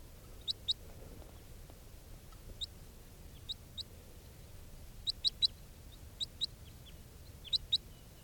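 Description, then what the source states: Crossbill giving scattered sharp, high chip notes, often in quick pairs or triplets, spread irregularly throughout with quiet gaps between. Juvenile crossbill, bird 431, in captivity, recorded earlier before capture; about 8:39.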